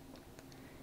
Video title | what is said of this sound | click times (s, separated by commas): The BEST Camping / Backpacking Spice Dispenser for Outdoor Cooking - MSR Alpine Salt & Pepper Shaker | And you know when the lid is actually shut, it clicks into place. | 0.4 s